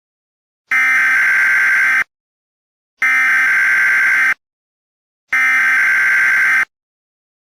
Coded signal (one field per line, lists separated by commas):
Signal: Emergency Alert System (SAME) tones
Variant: header bursts